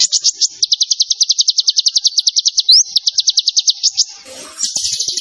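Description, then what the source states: Zebra finch song: a long, fast, steady trill of high pulsed notes, broken once by a brief upslurred note, ending in a short buzzy burst and another trill. Master recording for training cage birds; the bird is described as gacor (singing constantly).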